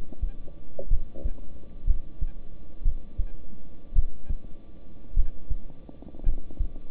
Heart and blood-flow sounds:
heart sounds by stethoscope; between the tricuspid and mitral areas; 56 bpm
0.88 s: heartbeat
1.85 s: heartbeat
2.83 s: heartbeat
3.93 s: heartbeat
5.14 s: heartbeat
6.23 s: heartbeat
From the record:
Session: rest, lying down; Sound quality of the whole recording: good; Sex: male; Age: 26 years

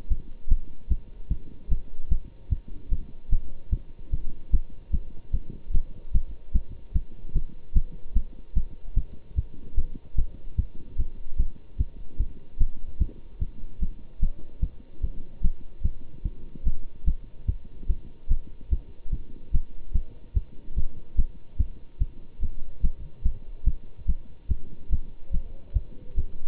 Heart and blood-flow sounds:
heart sounds by stethoscope; between the tricuspid and mitral areas; 147 bpm
0.09 s: heartbeat
0.48 s: heartbeat
0.88 s: heartbeat
1.29 s: heartbeat
1.69 s: heartbeat
2.09 s: heartbeat
2.49 s: heartbeat
2.89 s: heartbeat
3.29 s: heartbeat
3.70 s: heartbeat
4.11 s: heartbeat
4.51 s: heartbeat
4.91 s: heartbeat
5.32 s: heartbeat
5.72 s: heartbeat
6.12 s: heartbeat
6.52 s: heartbeat
6.93 s: heartbeat
7.33 s: heartbeat
7.73 s: heartbeat
8.14 s: heartbeat
8.54 s: heartbeat
8.94 s: heartbeat
9.35 s: heartbeat
9.75 s: heartbeat
10.15 s: heartbeat
10.56 s: heartbeat
10.97 s: heartbeat
11.37 s: heartbeat
11.77 s: heartbeat
12.18 s: heartbeat
12.58 s: heartbeat
12.99 s: heartbeat
13.39 s: heartbeat
13.79 s: heartbeat
14.20 s: heartbeat
14.61 s: heartbeat
15.01 s: heartbeat
15.42 s: heartbeat
15.82 s: heartbeat
16.23 s: heartbeat
16.64 s: heartbeat
17.05 s: heartbeat
17.46 s: heartbeat
17.87 s: heartbeat
18.28 s: heartbeat
18.70 s: heartbeat
19.11 s: heartbeat
19.51 s: heartbeat
19.92 s: heartbeat
20.34 s: heartbeat
20.75 s: heartbeat
21.16 s: heartbeat
21.57 s: heartbeat
21.99 s: heartbeat
22.40 s: heartbeat
22.81 s: heartbeat
23.23 s: heartbeat
23.64 s: heartbeat
24.06 s: heartbeat
24.48 s: heartbeat
24.90 s: heartbeat
25.31 s: heartbeat
25.73 s: heartbeat
26.15 s: heartbeat
From the record:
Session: Bruce protocol treadmill stress test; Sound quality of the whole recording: good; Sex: male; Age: 25 years

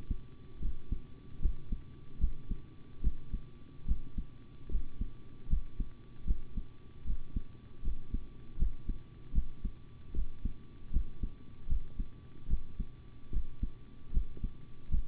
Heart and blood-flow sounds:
heart sounds by stethoscope; between the tricuspid and mitral areas; 76 bpm
0.60 s: heartbeat
1.40 s: heartbeat
2.19 s: heartbeat
3.02 s: heartbeat
3.86 s: heartbeat
4.69 s: heartbeat
5.48 s: heartbeat
6.25 s: heartbeat
7.04 s: heartbeat
7.82 s: heartbeat
8.57 s: heartbeat
9.33 s: heartbeat
10.13 s: heartbeat
10.91 s: heartbeat
11.67 s: heartbeat
12.48 s: heartbeat
13.31 s: heartbeat
14.12 s: heartbeat
14.89 s: heartbeat
From the record:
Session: rest, sitting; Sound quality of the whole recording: good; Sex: male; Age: 25 years

